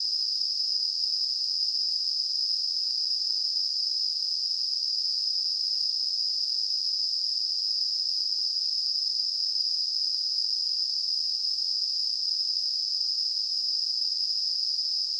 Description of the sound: Tinnitus.